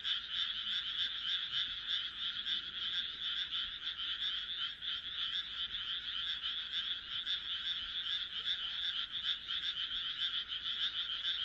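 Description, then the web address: Steady frog chorus, many overlapping rapid croaks merging into a continuous pulsing din. "kaeru kaeru"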